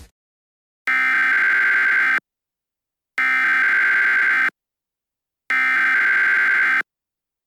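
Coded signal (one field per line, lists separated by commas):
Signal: Emergency Alert System (SAME) tones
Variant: header bursts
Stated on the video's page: Fictional EAS scenario for a horror game, not a real alert.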